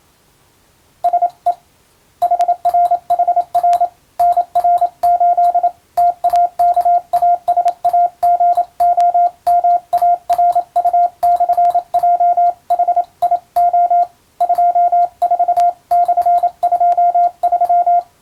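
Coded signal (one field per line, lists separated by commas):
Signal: Morse code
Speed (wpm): 27 wpm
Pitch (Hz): 700 Hz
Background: radio noise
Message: SE HRHR NR8 TAKASAGOMARU/JHIO 24/23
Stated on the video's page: Morse receiving practice in the style of radiotelegraph operator school training, using a European-language telegram sending practice book.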